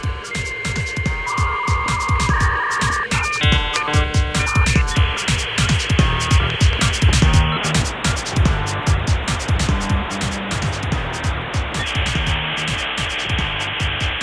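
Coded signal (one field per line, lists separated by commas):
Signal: dial-up modem handshake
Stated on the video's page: Royalty-free 56k modem sound clip used in a self-made composition.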